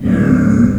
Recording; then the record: squeal of a Yucatan mini pig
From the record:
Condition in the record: after surgery on the right vocal fold (resection and tissue-engineered implant); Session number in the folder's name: 13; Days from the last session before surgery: 113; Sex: female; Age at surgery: 19 weeks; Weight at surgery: 25 kg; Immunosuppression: prednisolone